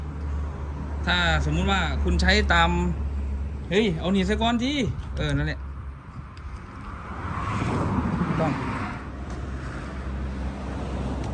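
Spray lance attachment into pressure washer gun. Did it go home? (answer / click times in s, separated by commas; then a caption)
no / none. A spray lance attachment is being fitted into the gun coupling of a POLO 145i portable pressure washer. Someone talks in bursts while low hum and faint outdoor noise run underneath, and there is a brief small knock at about 6.4 s. The lance is handled but not yet home; nothing has seated or clicked yet.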